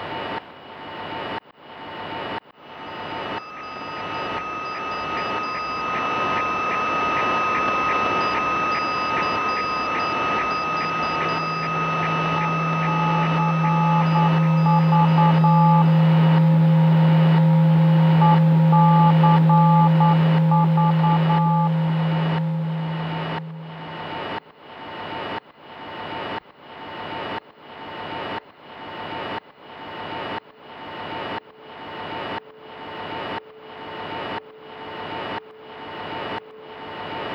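A shortwave radio is swept across the band, with steady whistling tones that come and go at several pitches. A loud low drone swells in from about 11 seconds and fades near 24. A regular ticking pulse, about two per second, runs throughout.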